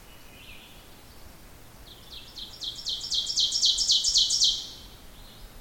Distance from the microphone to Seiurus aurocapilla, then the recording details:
about 10 m. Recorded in boreal forest in Alberta, Canada, on 14 June 2016 at 06:01. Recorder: SongMeter 3, array SBT-3-33. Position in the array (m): 110 m, 18 m. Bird 21